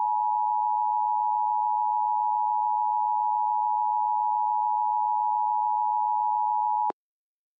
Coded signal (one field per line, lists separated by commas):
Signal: Emergency Alert System (SAME) tones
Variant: 853 and 960 Hz attention tone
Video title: EAS re-creation: Indian Point Nuclear Plant EAS test